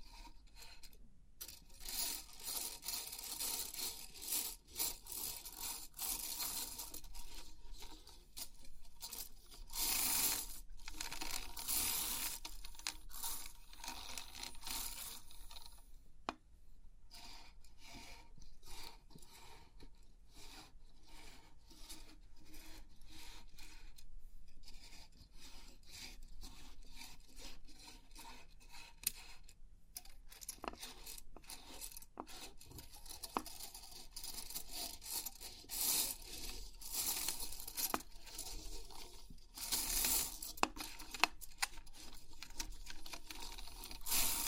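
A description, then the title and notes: Crisp tingles from a 3D pin art toy: dense, bright clicking and scraping as the pins are pressed and rubbed, with a constant rustly texture. Louder bursts of rattling pins come every few seconds, notably around 10, 12, 16, 36 and 40 seconds. Crisp 3D Pin Art Tingles(No Talking).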